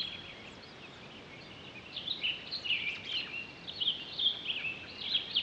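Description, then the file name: Townsend's solitaire song: after a quiet start, a long stream of high, rapid, tumbling warbled notes over faint hiss. Recorded 23 October 2011. "20111023 townsends-solitaire"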